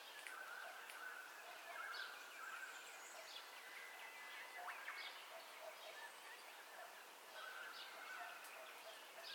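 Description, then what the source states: Birds calling in a soft dawn chorus, several thin whistles and short chirps overlapping against a steady background hiss. Dawn ambience, stereo recording.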